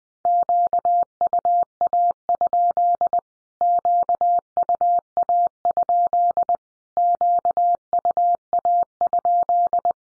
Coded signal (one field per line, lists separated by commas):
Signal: Morse code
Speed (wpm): 20 wpm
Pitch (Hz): 700 Hz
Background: none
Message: QUA? QUA? QUA?